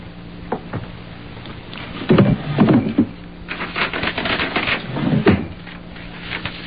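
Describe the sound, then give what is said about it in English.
A wooden drawer in a table by the window slides open with a rough scrape and clunk, some rummaging follows as a pen and hotel writing paper are taken out, then it is pushed shut with another scraping thud. No voices are heard. “In that drawer, the table by the window, there's a pen and some hotel writing paper. Go get it and sit there.”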